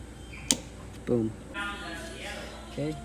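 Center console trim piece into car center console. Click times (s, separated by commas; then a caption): 0.5 s. A center console trim piece is pressed back into the center console of a 2013 Hyundai Elantra after its orientation is checked. A single sharp click at 0.5 s shows it has seated in place. Someone talks afterward.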